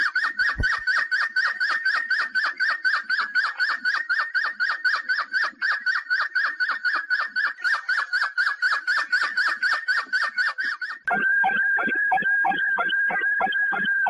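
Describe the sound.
Canary singing a fast, steady trill of repeated notes that runs on for about eleven seconds, then switches to a sustained whistled tone with quick pulses beneath.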